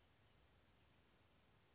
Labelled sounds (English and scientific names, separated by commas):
Western Flycatcher (Empidonax difficilis)